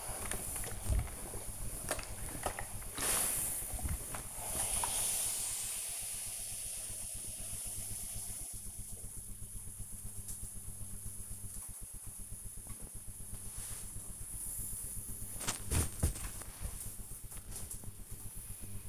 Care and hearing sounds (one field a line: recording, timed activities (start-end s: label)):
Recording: household activities, microphone on the right wrist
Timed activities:
0.00-6.62 s: ironing laundry
12.64-18.89 s: folding laundry